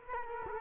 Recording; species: mosquito wingbeat signal from an infrared sensor; Culex quinquefasciatus